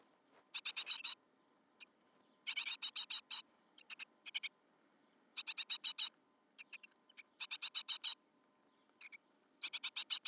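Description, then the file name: Great Tit calls: harsh rattling bursts of five to seven notes repeated every two or three seconds, with a few softer short notes in between. "Parus major"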